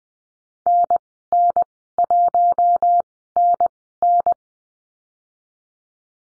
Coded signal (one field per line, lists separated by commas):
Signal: Morse code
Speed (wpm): 19 wpm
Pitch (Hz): 700 Hz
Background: none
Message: NN1NN